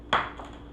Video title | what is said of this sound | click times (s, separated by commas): Stinger T-750 Pusher Prop Jet from Banggood.com (SpeedBuild, Review) | all goes together and pops | 0.1 s